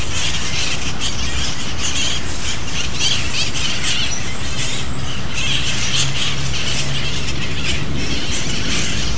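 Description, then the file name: Parrots calling continuously, scratchy shrieks overlapping throughout, set against a steady low hum. Wild parrots recorded in San Francisco in April 2008. "San Francisco Wild Parrots April 12008"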